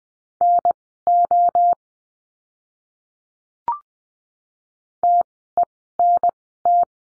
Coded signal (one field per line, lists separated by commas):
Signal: Morse code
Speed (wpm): 20 wpm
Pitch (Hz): 700 Hz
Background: none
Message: NO TENT